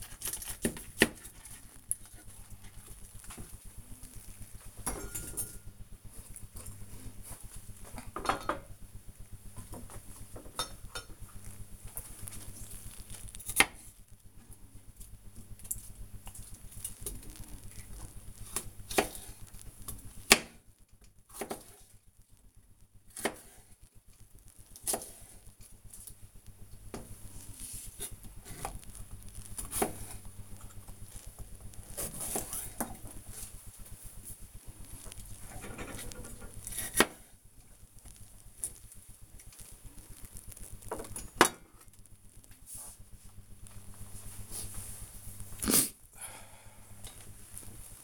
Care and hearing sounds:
household activities, microphone on the right wrist
0.00-40.27 s: cutting vegetables

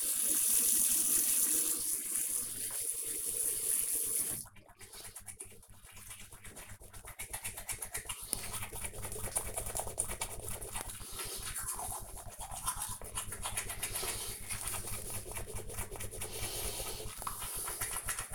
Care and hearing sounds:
household activities, microphone on the right wrist
0.00-18.35 s: brushing teeth

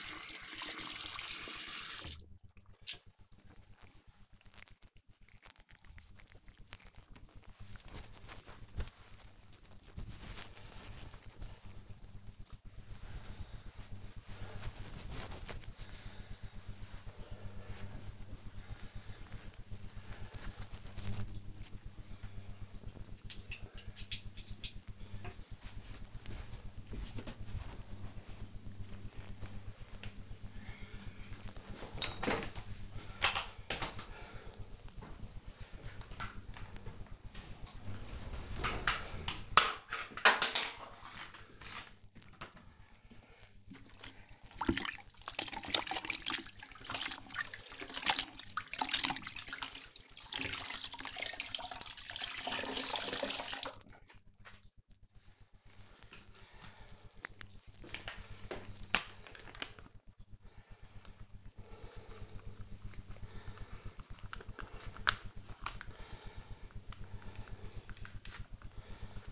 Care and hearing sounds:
household activities, microphone on the right wrist
0.00-7.67 s: washing hands
32.82-69.31 s: floor cleaning

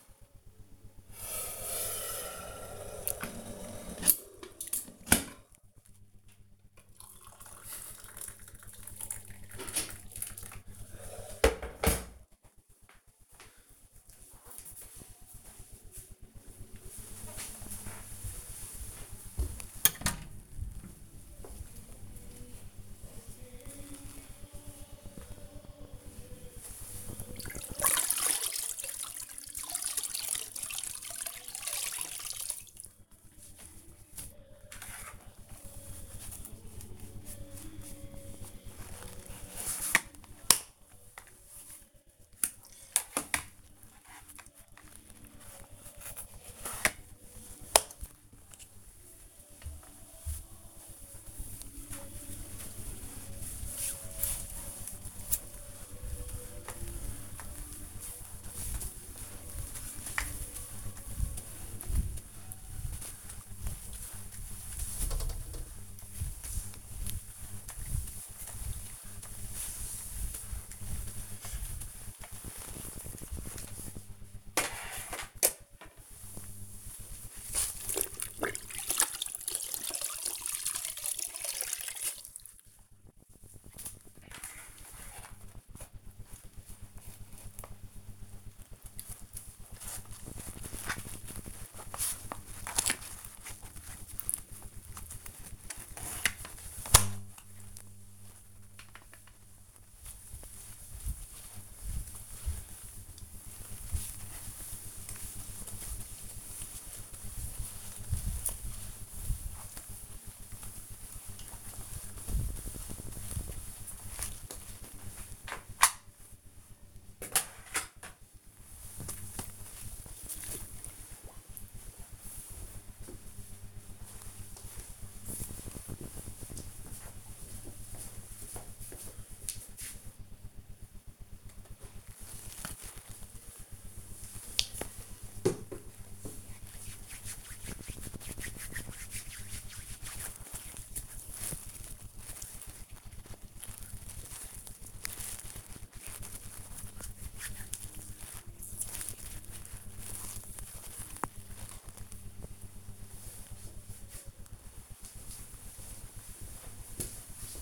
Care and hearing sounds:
household activities, microphone on the right wrist
0.00-11.32 s: making tea
25.38-119.83 s: floor cleaning
130.87-150.96 s: cream hands

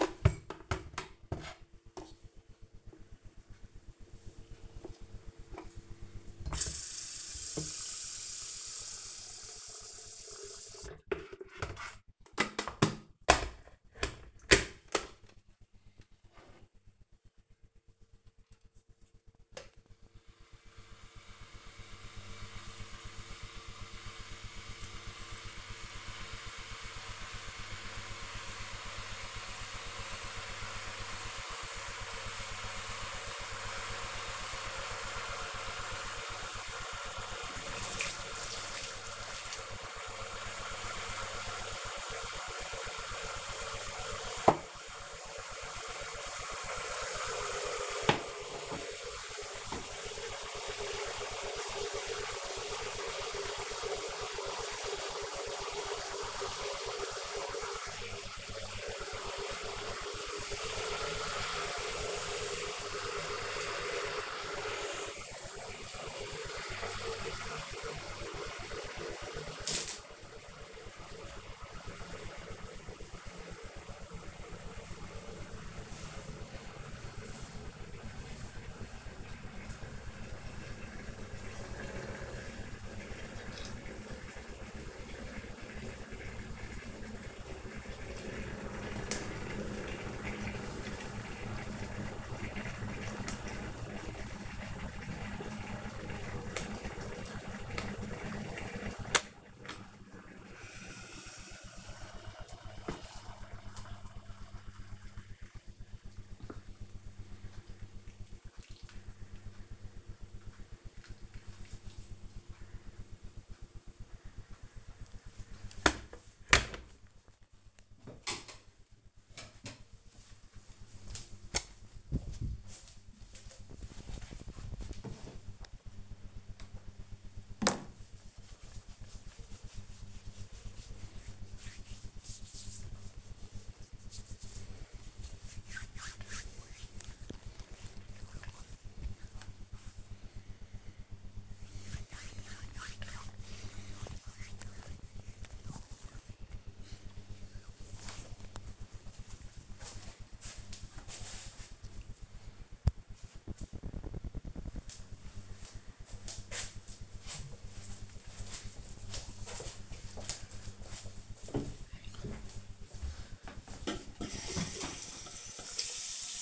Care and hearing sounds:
household activities, microphone on the right wrist
0.00-115.99 s: making tea
126.07-147.21 s: cream hands

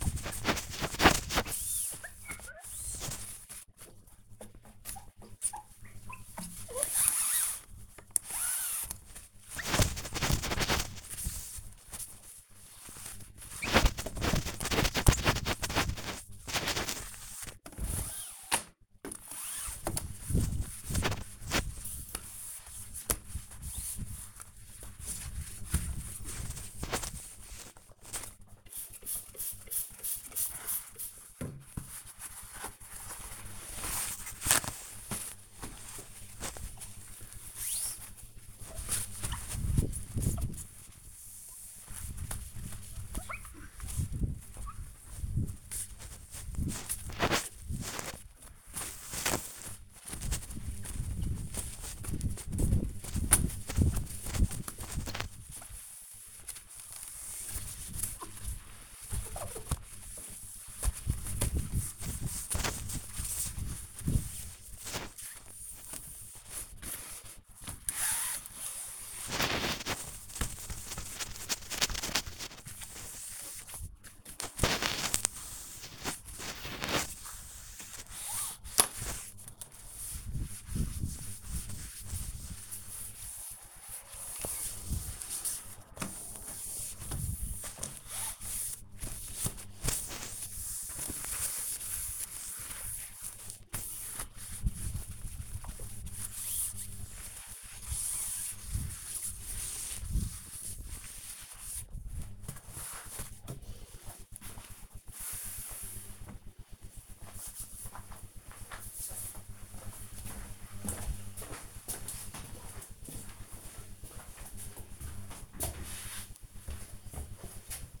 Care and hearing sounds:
household activities, microphone on the right wrist
0.00-102.74 s: window cleaning

